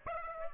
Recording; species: mosquito wingbeat signal from an infrared sensor; Aedes aegypti